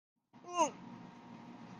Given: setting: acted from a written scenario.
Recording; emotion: vocal sound without words; embarrassment